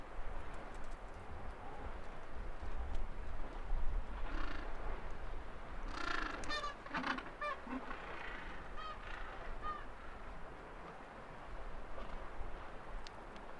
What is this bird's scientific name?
Pygoscelis papua